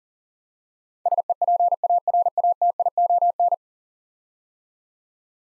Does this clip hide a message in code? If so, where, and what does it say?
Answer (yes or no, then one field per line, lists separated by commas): yes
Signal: Morse code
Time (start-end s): 1.1-3.5 s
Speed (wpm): 40 wpm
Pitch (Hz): 700 Hz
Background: none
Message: SEPARATION